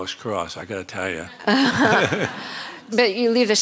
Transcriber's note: laughter